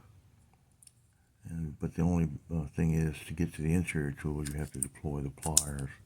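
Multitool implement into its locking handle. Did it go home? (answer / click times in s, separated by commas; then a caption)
yes / 0.8 s, 0.9 s. A fold-out implement on a steel Gerber Centerdrive multitool is opened until it locks into its handle, giving short clicks at 0.8 and 0.9 seconds. The implement seats and locks into place, and then someone talks.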